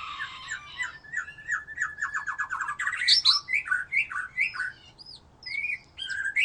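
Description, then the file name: White-rumped shama song: rapid repeated chipping notes build into loud, varied whistles and slurred phrases, with brief pauses near the end. "murai batu"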